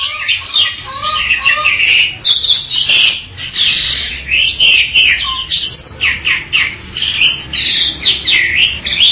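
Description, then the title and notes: Bali myna song: short whistled notes, then long stretches of harsh, raspy squawking phrases. "Jalak Bali 2. Kicau Burung Jalak"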